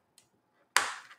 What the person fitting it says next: and you'll hear it snap all the way around